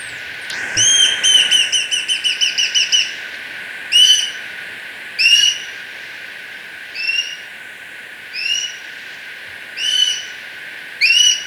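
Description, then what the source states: Plain-breasted Hawk: a rapid chattering run of sharp notes lasting about two seconds, followed by six slurred whistled calls repeated about every second or more. Bird recorded in Ecuador, South America.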